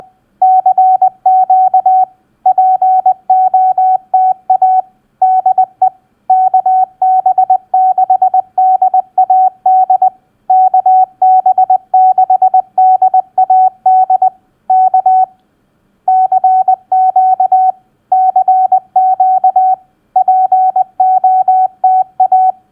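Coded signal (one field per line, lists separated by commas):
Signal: Morse code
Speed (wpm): 20 wpm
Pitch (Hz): 750 Hz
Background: none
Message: CQ POTA DE KB6DAD KB6DAD K CQ CQ POTA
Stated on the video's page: Simulated POTA activator's initial CQ call sent at 20 wpm as Morse practice.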